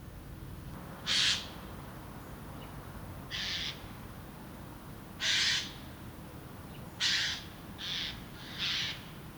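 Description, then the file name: Eurasian jay calling with six rasping, scratchy screeches at irregular intervals, the last three coming close together, over a low steady background hiss. "Garrulus glandarius"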